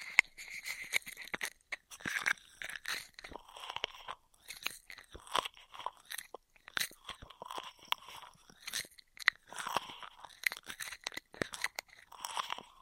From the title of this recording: Intense Straw Triggers